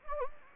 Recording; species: mosquito wingbeat signal from an infrared sensor; Anopheles gambiae